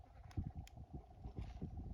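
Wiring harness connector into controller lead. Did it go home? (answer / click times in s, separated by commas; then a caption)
no / none. A plastic waterproof wiring harness connector is handled against a Torp Motors TC500 controller lead; this stiff connector needs extra force to seat. Low handling thumps and rustles are heard, with two brief sharp ticks near 0.3 and 0.7 seconds. Nothing has seated or clicked into place yet.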